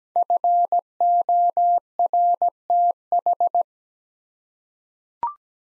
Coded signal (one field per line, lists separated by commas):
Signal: Morse code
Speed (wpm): 17 wpm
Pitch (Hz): 700 Hz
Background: none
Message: FORTH